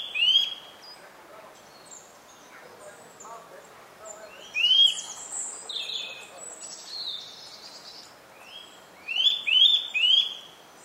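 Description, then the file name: Eurasian nuthatch giving brief rising call notes in short bursts about every four to five seconds, with other birds chirping higher in the background. "Sitta europaea"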